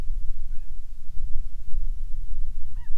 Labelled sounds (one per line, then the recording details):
waterfowl
wind
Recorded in the Prudhoe Bay oil fields, Alaska, on 6 August 2019 at 05:36
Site 22